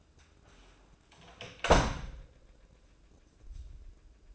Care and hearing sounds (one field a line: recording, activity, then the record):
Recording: daily activity, microphone in the room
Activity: close door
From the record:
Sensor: 2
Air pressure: 1012.2 hPa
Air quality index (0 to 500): 160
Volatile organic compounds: 2 ppm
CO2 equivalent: 1168 ppm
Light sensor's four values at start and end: 365/913/370/385 and 365/912/370/385